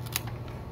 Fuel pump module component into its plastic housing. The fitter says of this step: everything locked in